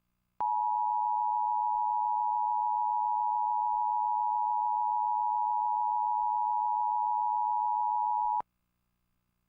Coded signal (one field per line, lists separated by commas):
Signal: Emergency Alert System (SAME) tones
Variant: 853 and 960 Hz attention tone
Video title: EAS - A Flash in the Night